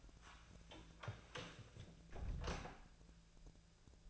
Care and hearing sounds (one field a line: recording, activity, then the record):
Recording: daily activity, microphone in the room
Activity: close door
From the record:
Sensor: 2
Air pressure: 1000.3 hPa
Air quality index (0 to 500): 175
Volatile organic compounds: 3 ppm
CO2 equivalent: 1449 ppm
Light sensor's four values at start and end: 10/23/10/10 and 9/22/9/10